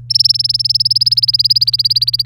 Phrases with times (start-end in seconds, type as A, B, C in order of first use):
0.10-2.26 A